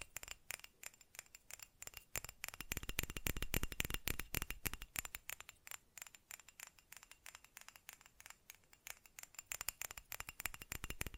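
Fast tapping fills the whole stretch, a dense, irregular run of sharp, crisp clicks with a bright, crinkly edge. Around the two-to-five second mark the taps bunch tighter and heavier, then continue at a steady quick pace with brief gaps.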